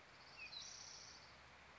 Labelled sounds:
Spotted Towhee
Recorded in Sonoma County, California

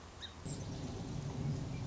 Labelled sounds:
Song Sparrow
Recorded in Sonoma County, California

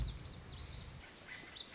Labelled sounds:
Lazuli Bunting
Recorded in Sonoma County, California

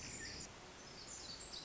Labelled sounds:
Pacific Wren
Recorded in Sonoma County, California

